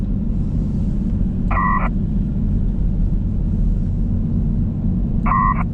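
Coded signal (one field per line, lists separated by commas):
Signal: HF data modem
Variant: PACTOR III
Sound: two brief warbling data bursts about four seconds apart over steady engine rumble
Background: vehicle engine rumble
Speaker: Looks like it's still using pactor 3. It's probably not happy enough for the signal level to raise the data rate at this time.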